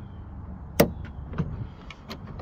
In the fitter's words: they just snap right in